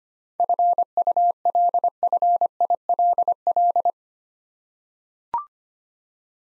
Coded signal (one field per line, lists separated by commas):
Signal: Morse code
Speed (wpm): 25 wpm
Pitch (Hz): 700 Hz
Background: none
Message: FULFILL